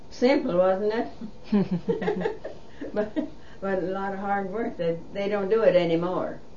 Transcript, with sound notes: Simple, wasn't it? ( they laugh ) But a lot of hard work. They don't do it any more.